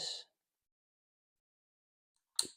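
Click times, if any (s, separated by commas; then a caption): 2.4 s. The red position lock tab on a Y-adapter harness connector is slid into place to lock it, while a Mustang heated Super Touring seat is installed on a 2026 Harley-Davidson Street Glide Limited. A brief broadband rustle opens the clip, followed by about two seconds of silence and then a single loud, sharp snap at 2.4 s. The tab snaps in and the connector is locked.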